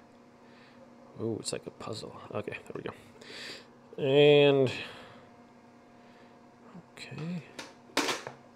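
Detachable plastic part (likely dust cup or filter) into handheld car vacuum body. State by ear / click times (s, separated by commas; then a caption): seated / 8.0 s, 8.3 s. A detachable plastic part, possibly the dust cup or filter, of a wet-and-dry handheld car vacuum is pushed bottom-first back into the vacuum body during reassembly while someone talks. A sharp plastic snap sounds at 8.0 s, with a smaller click at 8.3 s, as the part seats firmly into place.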